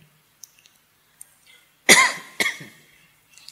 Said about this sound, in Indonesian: Batuk kayak gini terus mikir, jangan-jangan paru-paru saya.